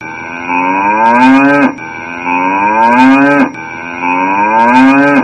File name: bo keu